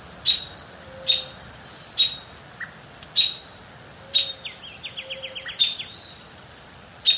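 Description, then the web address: Pale-legged hornero giving sharp, high clicking calls roughly once a second, with a quick run of descending notes near the end. South America, eastern lowlands. "Natures Songs S America Eastern Lowlands. Pale-legged Hornero"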